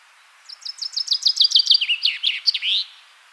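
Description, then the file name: Common chaffinch song, a quick series of crisp repeated notes dropping in pitch and ending in a brief flourish. "Fringilla coelebs"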